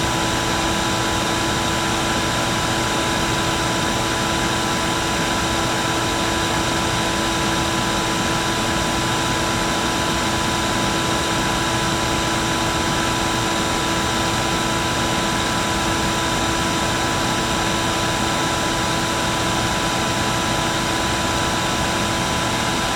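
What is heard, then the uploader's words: A vacuum cleaner runs steadily with a constant motor hum, a couple of clear whining tones, and an even airy rush of suction throughout. Vacuuming the House. The soft hum of the motor and the gentle sound of the suction.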